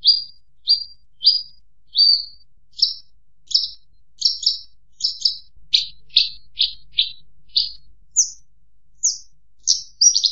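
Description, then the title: Horsfield's bush lark song: a steady series of short, bright chirps, ending with higher, sharper notes and a quick jumbled flourish. Actively singing (gacor) bird on a master recording made for training other birds. "SUARA MASTERAN BURUNG BRANJANGAN GACOR"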